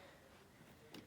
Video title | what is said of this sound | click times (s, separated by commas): Chicco KeyFit UAS Install Demo | So I'm gonna click it onto the lower anchor. | 0.9 s